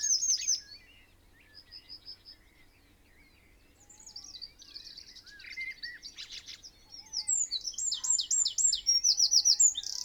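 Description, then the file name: Eurasian wren singing: a short shrill opening, softer calls and twitters in the middle, then a loud string of high, sharply repeated notes. "Troglodytes troglodytes"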